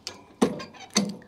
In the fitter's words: like that locked in all